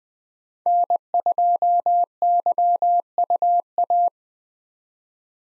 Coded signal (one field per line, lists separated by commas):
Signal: Morse code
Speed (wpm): 20 wpm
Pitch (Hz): 700 Hz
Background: none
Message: N2YUA